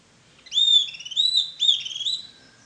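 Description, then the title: Bird song: three clear whistled phrases near the same high pitch, each a sliding whistle trailing into a quick beaded trill, delivered within about two seconds. "LuckyPassaro Completos2Sama"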